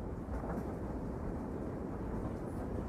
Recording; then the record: background sound without coughing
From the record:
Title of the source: Train Ride Ambience ambient white noise for sleeping, focus, studying, reading